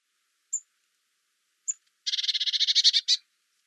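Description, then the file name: Eurasian blue tit call: two thin, high, clipped notes followed by a scolding churr, a rapid buzzy rattle of about a dozen pulses growing slightly louder. "Cyanistes caeruleus"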